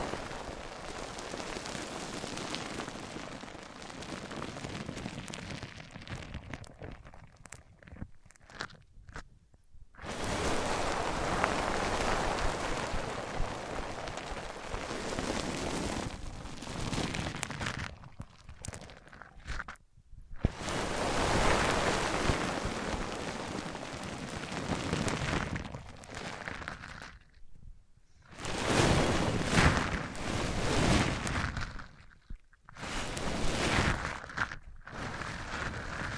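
Microphones are rubbed across different surfaces, making dense, scratchy friction noise that fills the lows and highs at once. The rubbing comes in long bursts of several seconds, broken by short silent gaps near 10, 20, 28 and 33 seconds, with the texture changing between passes.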